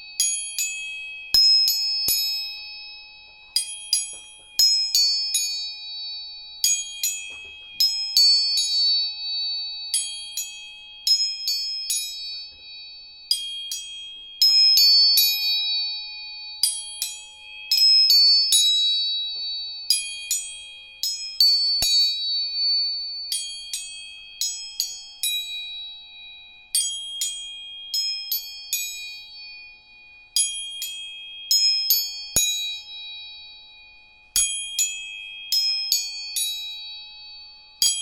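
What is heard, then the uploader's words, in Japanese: Tuning forks are struck again and again, about every two to three seconds, each hit giving a bright metallic ping that quickly fades into a pure, steady ringing tone. A higher tone hums on throughout, with a lower one joining at times, in a quiet room. 音叉チューニング全体性。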